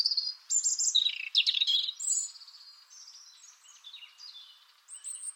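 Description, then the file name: European robin song: a loud opening run of scratchy, high twittering notes that fades into softer, thinner warbles before a final high whistle. "Erithacus rubecula"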